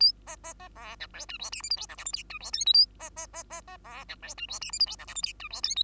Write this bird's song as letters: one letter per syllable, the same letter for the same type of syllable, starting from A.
A B B B C D E F G H I J K L M N O F G P Q A B B B B B C D E F G H I J K L M N O F G P Q